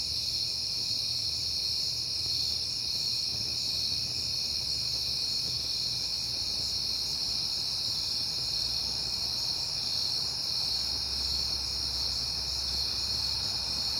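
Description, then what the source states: Cricket: a continuous chorus of crickets holds steady high trills throughout, with a low rumble growing slightly near the end. Recorded on a peaceful night in September; crickets heard often that month; passing cars also present.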